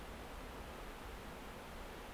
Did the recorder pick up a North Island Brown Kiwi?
no